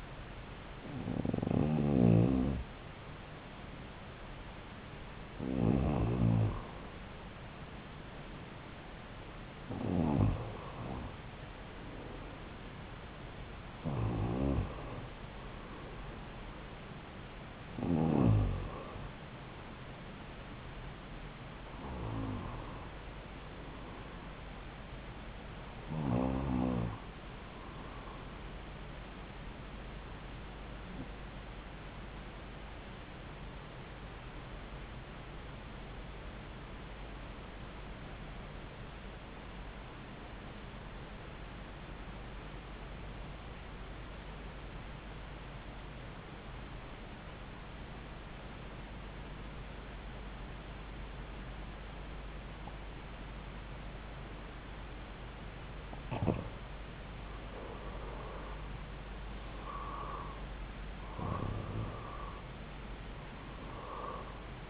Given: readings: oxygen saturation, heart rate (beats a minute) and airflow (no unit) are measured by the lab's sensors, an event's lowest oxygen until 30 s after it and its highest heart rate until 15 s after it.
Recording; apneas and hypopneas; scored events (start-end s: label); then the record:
breathing in sleep by a voice recorder at the bedside; 1
18.00-64.70 s: new sleep stage, REM sleep
38.00-56.40 s: obstructive apnea (REM, oxygen 95% highest, then 86% lowest)
From the record:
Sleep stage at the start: N2 (light sleep); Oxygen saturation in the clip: 89 to 95%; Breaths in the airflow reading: 11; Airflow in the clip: -6.6 to 6.6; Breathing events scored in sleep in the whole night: 270 in 6.1 hours asleep